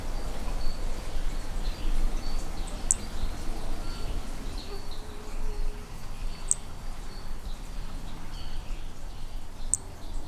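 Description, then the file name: Hermogenes' toadlet giving single very high clicks every few seconds, partly masked by hissing background noise and faint chirping insects. Individual 01, example 01, at Picinguaba, Brazil, on 13 December 2017. "MHNCI Brachy hemogenesi Picinguaba ind 01 ex 01 sem detalhes 13 dez 2017"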